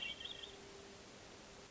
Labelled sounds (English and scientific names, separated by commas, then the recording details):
Hermit Thrush (Catharus guttatus)
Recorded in Sonoma County, California